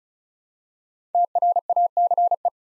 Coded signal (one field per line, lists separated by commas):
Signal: Morse code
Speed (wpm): 36 wpm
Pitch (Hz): 700 Hz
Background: none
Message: TRACE